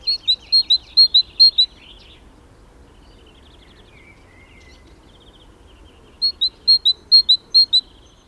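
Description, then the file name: Great tit song: a run of quick high two-note phrases opens, a quiet gap with faint soft notes follows, then another burst of the same alternating notes. "Parus major"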